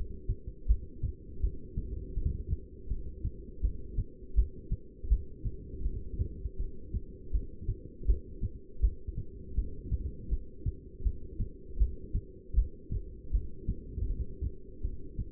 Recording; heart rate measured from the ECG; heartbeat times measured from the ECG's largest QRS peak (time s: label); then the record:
heart sounds by stethoscope; 81 bpm
0.67 s: heartbeat
1.41 s: heartbeat
2.15 s: heartbeat
2.89 s: heartbeat
3.62 s: heartbeat
4.36 s: heartbeat
5.09 s: heartbeat
5.83 s: heartbeat
6.58 s: heartbeat
7.32 s: heartbeat
8.07 s: heartbeat
8.81 s: heartbeat
9.56 s: heartbeat
10.30 s: heartbeat
11.04 s: heartbeat
11.79 s: heartbeat
12.55 s: heartbeat
13.32 s: heartbeat
14.08 s: heartbeat
14.83 s: heartbeat
From the record:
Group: heart failure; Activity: rest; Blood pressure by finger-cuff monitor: 194/123 mmHg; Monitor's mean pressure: 144 mmHg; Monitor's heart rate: 81 bpm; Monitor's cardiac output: 7.5 L/min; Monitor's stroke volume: 93 mL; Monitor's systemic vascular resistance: 1450 dyn s/cm5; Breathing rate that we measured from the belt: 15 breaths a minute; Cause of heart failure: non-ischemic cardiomyopathy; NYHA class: 1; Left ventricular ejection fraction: 62%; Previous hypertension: present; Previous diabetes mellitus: present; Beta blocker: bisoprolol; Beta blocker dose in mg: 10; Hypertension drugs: sacubitril-valsartan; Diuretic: furosemide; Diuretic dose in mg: 20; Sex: male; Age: 49 years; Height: 167 cm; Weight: 110 kg